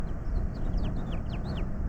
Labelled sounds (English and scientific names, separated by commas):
House Finch (Haemorhous mexicanus) song